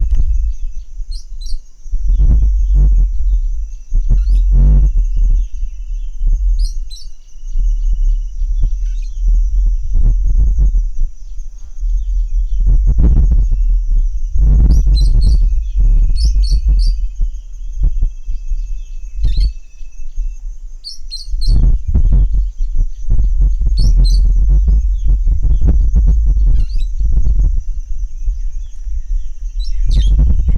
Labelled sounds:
Meyer's Parrot (Poicephalus meyeri)
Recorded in Lake Mburo, Uganda

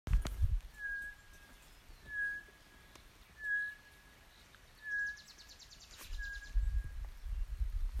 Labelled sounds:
Tropical Boubou (Laniarius major)
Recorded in northern Uganda

